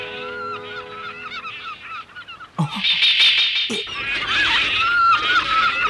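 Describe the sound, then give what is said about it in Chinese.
A noisy chorus of seagulls calling over one another, harsh overlapping squawks and cries that grow louder and denser after a brief lull, with no talking. “哇，好多海鸥啊！”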